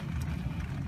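A door lock button is handled as it is put back into its place on the door panel of a 2007–2013 GM truck or SUV during a door lock actuator motor replacement. Only a steady low rumble with faint, soft handling noise is heard, with no sharp hits. The button has not seated or clicked into place yet.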